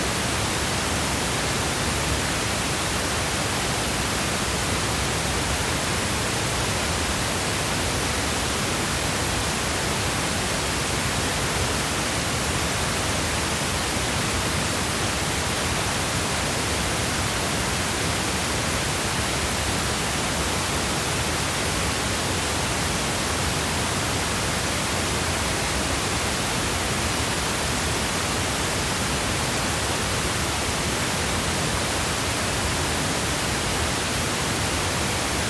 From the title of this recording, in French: Bruit rose électronique